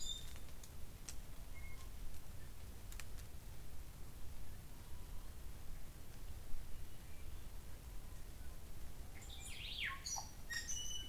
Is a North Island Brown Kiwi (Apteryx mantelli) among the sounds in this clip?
no